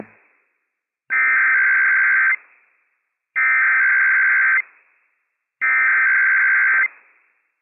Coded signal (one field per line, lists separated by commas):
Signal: Emergency Alert System (SAME) tones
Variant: header bursts